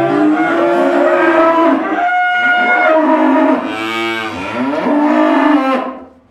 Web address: best service Blue Box animals cows stable